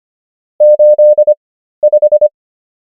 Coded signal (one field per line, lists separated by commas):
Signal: Morse code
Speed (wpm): 25 wpm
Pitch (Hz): 600 Hz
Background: none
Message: 85